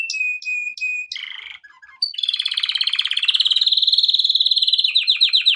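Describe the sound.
Canary song starting with three repeated whistled notes, a brief buzzy phrase, then a long rapid trill that breaks into sharp descending notes.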